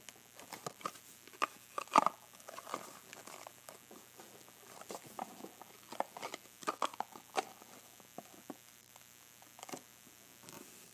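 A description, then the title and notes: A jewelry box is opened and closed amid dense bursts of small clicks and rattles, loudest near two seconds, over a low steady hum. Opening and Closing my Box of Jewelry.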